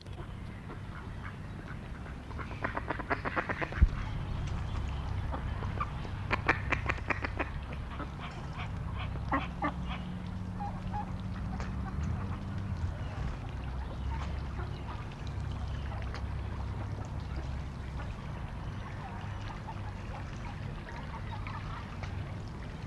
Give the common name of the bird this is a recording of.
Mallard